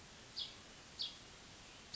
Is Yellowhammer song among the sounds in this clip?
no